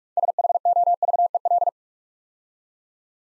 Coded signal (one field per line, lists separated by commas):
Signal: Morse code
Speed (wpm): 45 wpm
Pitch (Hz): 700 Hz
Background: none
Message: SHOVEL